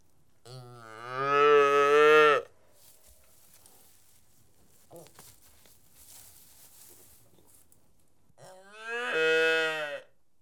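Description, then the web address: Domestic cattle: calf moos, two long harmonic bawls, the first wavering and lasting about two seconds, a second call near the end, with faint shuffling between them. Several young calves recorded while feeding. "The BBC Sound Effects Library. Young Calves Feeding"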